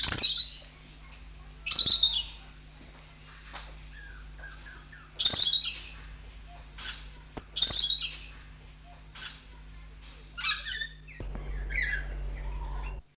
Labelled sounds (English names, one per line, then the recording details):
Coconut Lorikeet call
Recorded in captivity
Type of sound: call
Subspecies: mitschellii
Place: Vogelpark Walsrode, Niedersachsen, DE
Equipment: Halbspur, 9,5 cm/s
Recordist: Lütgens, Hans
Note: Rufe